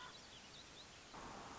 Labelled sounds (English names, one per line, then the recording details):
Common Raven
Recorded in Sonoma County, California